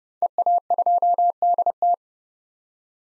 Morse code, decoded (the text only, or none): EA2DT